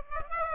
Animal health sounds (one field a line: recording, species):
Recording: mosquito wingbeat signal from an infrared sensor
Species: Aedes aegypti